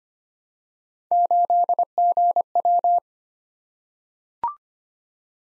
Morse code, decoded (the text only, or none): 8GW